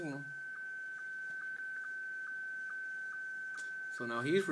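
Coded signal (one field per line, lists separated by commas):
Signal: SSTV (slow-scan television)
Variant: Scottie 1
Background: speech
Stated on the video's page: SSTV operated over a Remoterig remote station link.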